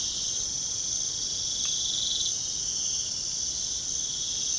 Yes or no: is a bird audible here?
no